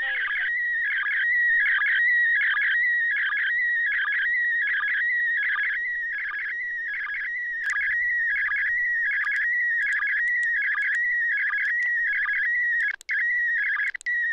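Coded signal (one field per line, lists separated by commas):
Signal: SSTV (slow-scan television)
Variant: PD180 mode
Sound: steady high warbling tone with rhythmic buzzy chirping bursts repeating under a second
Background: radio static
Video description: An example of SSTV (slow-scan television) transmission being received on a ham radio, 2m band (145,800mhz). The signal has to be decoded with a software on a PC - used MMSSTV (coding PD180).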